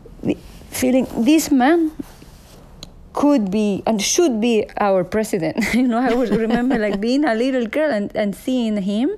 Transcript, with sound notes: - feeling this man could be and should be our president, you know? (Laughter) I would remember, like, being a little girl and seeing him